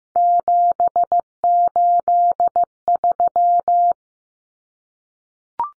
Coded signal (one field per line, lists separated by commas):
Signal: Morse code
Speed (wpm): 15 wpm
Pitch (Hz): 700 Hz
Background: none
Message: 783